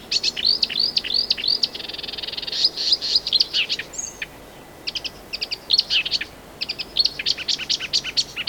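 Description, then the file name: Marsh warbler delivering a fast, varied song of rising whistled notes, a sustained buzzy trill and clipped chattering phrases, with a short quiet gap midway. "Marsh Warbler (Acrocephalus palustris)"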